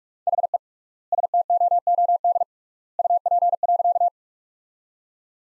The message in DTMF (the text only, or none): none